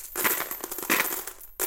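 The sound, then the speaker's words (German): Loose small-change coins rattle and clink together inside an overfilled envelope in a quick, jumbled burst of bright metallic jingling, with a short pause before one final shake. “Nein, das ist mein Kleingeld.”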